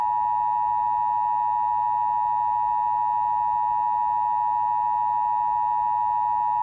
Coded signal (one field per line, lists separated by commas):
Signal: Emergency Alert System (SAME) tones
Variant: 853 and 960 Hz attention tone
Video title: EAS Scenario: "America Under Attack: Reduxed"